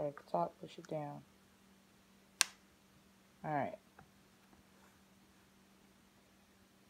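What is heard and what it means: Someone talks, then a metal snap clip of a hair extension is pushed down at its top and snaps shut onto hair with a sharp click at 2.4 s. The clip is closed and seated, and someone talks again afterward.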